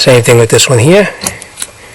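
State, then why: Seated. Someone talks as the second plastic electrical connector of the wiring harness is pushed onto the newly bolted-in blower motor of a 2010 Mercedes during a fan motor replacement. The connector, which fits only one way, snaps in with a sharp click at 1.6 seconds, seating fully.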